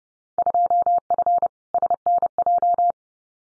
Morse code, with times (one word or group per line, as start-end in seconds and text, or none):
0.4-1.5 2F
1.7-2.9 SNJ